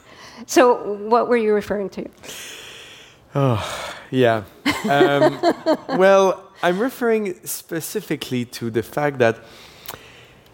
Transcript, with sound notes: So what were you referring to?
Oh, yeah.
(Laughter).
Well, I'm referring specifically to the fact that